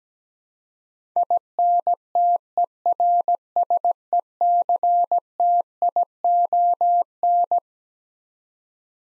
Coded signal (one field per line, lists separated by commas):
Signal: Morse code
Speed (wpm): 17 wpm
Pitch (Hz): 700 Hz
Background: none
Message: INTERSECTION